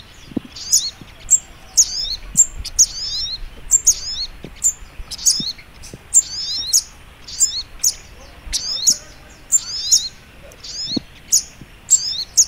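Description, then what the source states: High-pitched Little spiderhunter twittering, brisk repeated chirpy phrases in steady succession, with occasional soft low taps in the background. Masteran training recording, labelled Labaik.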